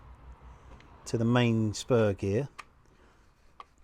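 The main spur gear of an HPI 1/5 scale gas Baja 5B RC car is pushed onto the raised locating key of its hub so it meshes with the drive gear. Someone talks, and then a sharp click at 3.6 s is heard as the gear seats into place.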